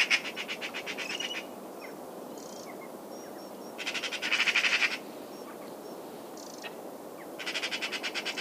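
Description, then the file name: Eurasian magpie chattering in fast harsh rattles at start, middle and end, with a few faint short notes between bursts and a steady hiss behind. "Pica pica"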